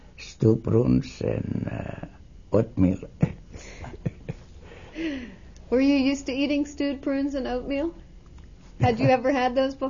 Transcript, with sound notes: Stewed prunes and, uh, oatmeal. (He laughs.)
Were you used to eating stewed prunes and oatmeal? Had you ever had those before?